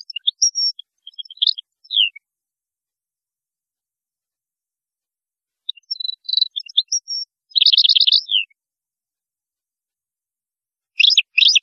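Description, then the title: European goldfinch song in short spaced bursts of high twittering and buzzy trilled notes, with long silent gaps between phrases. "Chant Chardonneret"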